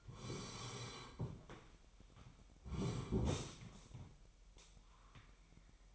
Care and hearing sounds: daily activity, microphone in the room; sit down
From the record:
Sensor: 1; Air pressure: 998.5 hPa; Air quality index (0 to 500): 119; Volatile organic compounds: 3 ppm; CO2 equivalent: 1420 ppm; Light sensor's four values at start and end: 8/19/8/9 and 8/20/8/9

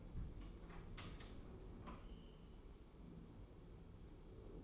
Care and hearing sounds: daily activity, microphone in the room; open door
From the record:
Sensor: 1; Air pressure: 1015.2 hPa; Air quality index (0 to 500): 109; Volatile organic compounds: 3 ppm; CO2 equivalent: 1476 ppm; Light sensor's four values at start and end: 14/33/14/15 and 14/33/14/15

